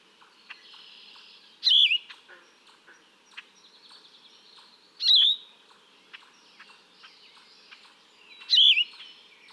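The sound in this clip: Yellow-throated vireo song: three rough, slurred phrases about three and a half seconds apart over faint clicking and a low background hiss.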